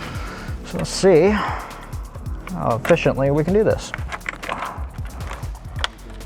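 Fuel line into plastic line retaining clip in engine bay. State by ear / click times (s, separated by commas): seated / 5.8 s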